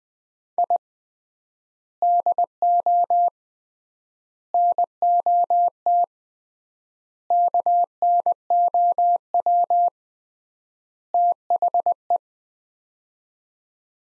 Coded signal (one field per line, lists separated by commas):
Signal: Morse code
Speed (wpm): 20 wpm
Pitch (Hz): 700 Hz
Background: none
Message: I DO NOT KNOW THE